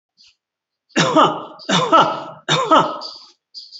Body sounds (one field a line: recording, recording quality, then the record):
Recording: heavy voluntary cough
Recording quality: excellent, no background noise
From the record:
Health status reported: COVID-19 positive, moderate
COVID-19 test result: positive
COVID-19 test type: RT-PCR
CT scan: not taken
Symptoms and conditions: cough, fatigue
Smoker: no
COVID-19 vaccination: none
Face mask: not worn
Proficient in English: no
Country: India